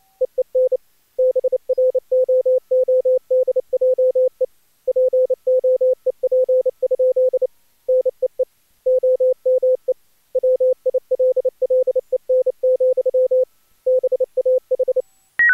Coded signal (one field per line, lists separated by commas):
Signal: Morse code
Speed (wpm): 28 wpm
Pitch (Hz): 510 Hz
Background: none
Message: EEN BROODJE POEP? NEE OME WILLEN, BAH